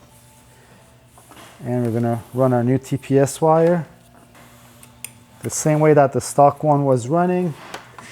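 The new throttle position sensor wire, with its plastic connector, is routed along the same path as the stock wire toward its mating plug on the throttle assembly of a BMW M1000RR motorcycle while someone talks. A few faint handling ticks are heard near 4.8, 5.1 and 8.0 seconds, but nothing has seated or clicked in yet.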